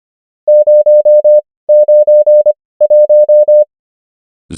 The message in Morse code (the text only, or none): 091